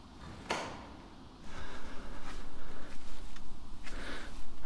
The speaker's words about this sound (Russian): Саша открывает дверь.